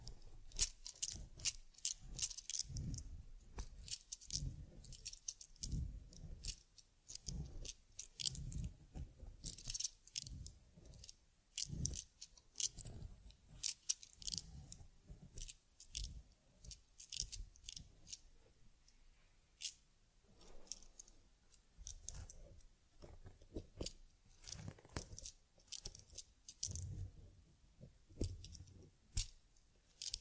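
Teddy bear grooming sounds: dense, irregular bursts of crinkly brushing, tapping and jingling clicks, continuous throughout with brief quieter gaps.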